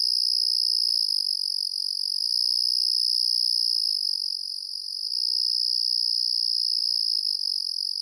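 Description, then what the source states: High, constant cricket chirring with fine rapid pulses, briefly softening midway before returning to full strength. Crickets calling on a night in the countryside.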